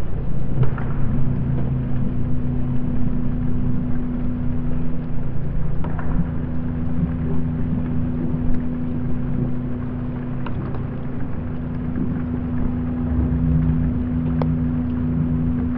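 Floating pontoons shift on the water, giving a steady low groan with a sustained hum running underneath the whole time. Faint creaks and small knocks pop up now and then, and near the end a wavering tone pulses a few times over the rumble.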